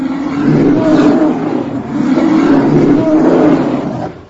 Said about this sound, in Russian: не могла потом точно воспроизвести, как дрались эти два медведя. Кто кого и как бил лапами, хватал зубами, давил или пытался вцепиться в брюхо. Прах летел из-под всех восьми лап. Куски дерна разлетались во все стороны.